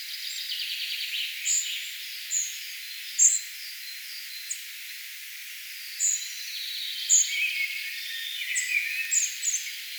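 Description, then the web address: Spotted flycatcher song: sparse high, thin squeaks at irregular intervals, with background hiss. Singing bird, recorded 4 June 2025. "paivat 4 6 2025 harmaasieppo laulaa"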